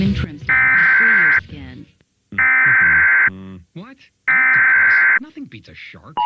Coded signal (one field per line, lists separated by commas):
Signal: Emergency Alert System (SAME) tones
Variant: header bursts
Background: speech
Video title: (EAS MOCK) Redding 4th of July Fire